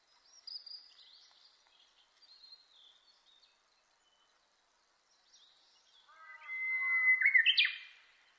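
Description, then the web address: Japanese bush warbler song near the end: a long level whistle breaking into a fast, sharp flourish, after faint high chirps from other birds. Recorded 30 April 2005. "2005 050430 uguisu"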